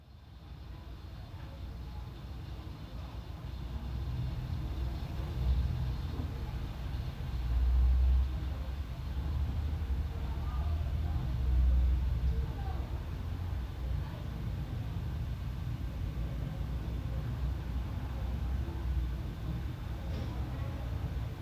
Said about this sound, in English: We hear distant bells. Birdsong, sounds of the street, cars, horns, and passers-by.